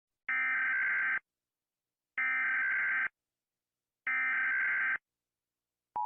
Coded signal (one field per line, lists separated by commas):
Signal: Emergency Alert System (SAME) tones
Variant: header bursts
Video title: rating EAS Alarm countrys